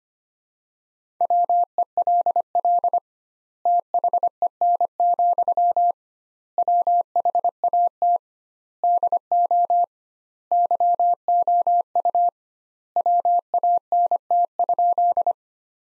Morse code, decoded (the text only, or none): WELL THEN, WHAT DO YOU WANT?